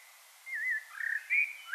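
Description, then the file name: Common blackbird whistling a short warbled phrase, mellow notes wavering around mid pitch with a brief rising flourish at the end. "Turdus merula"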